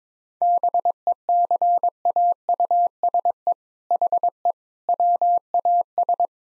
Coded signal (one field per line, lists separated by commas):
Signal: Morse code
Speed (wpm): 22 wpm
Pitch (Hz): 700 Hz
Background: none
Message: BECAUSE HE WAS